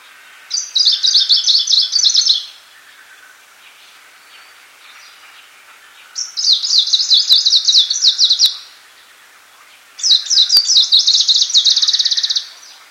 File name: peresmeshka zelenaja